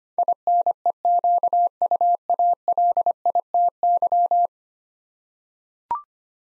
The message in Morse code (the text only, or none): INEQUALITY